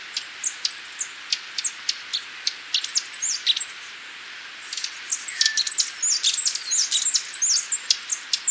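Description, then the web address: Capped Conebill uttering sparse, high, thin ticks that build into a quicker run of twittering chips toward the end. Recorded in Ecuador. "Natures Songs S America Birds of Ecuador 607 Capped Conebill"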